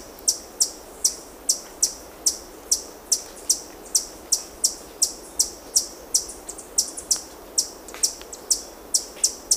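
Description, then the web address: Brown Inca calls: sharp, very high chips repeated steadily about twice a second, with faint background hiss. Ecuador. "Birds of Ecuador. Brown Inca"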